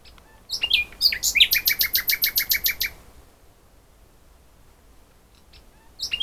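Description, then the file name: Common nightingale song: a few sharp whistles then a rapid, even series of loud repeated notes, followed by quiet and a new phrase beginning. "Luscinia megarhynchos"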